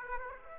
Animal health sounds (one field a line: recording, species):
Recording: mosquito wingbeat signal from an infrared sensor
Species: Aedes aegypti